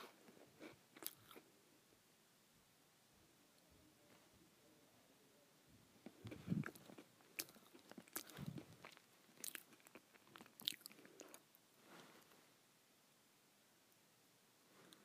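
Someone eats crackers, with sharp crunchy bites and chewing that come in irregular bursts. A few scattered crunches open the clip, then the busiest, loudest chewing runs from about six to eleven seconds before tapering into quieter, sparser crunches near the end.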